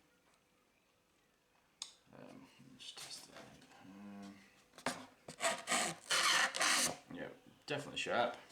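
A metal folding knife from a survival kit is handled as its blade is worked toward its locked open position in the handle, with a sharp tap near 1.8 s, then rasping, rubbing handling noises and a few short knocks around 4.8–5.3 s. Someone talks throughout. The clip ends before the blade goes home, and nothing has seated or clicked yet.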